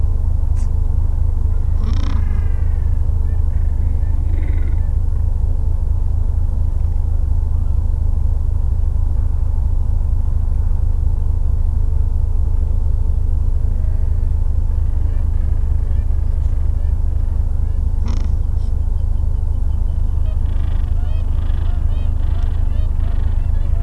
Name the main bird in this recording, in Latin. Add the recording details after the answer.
Pygoscelis papua. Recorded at the colony at Pleneau Island, Antarctica, on 3 January 2015. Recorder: Song Meter SM2+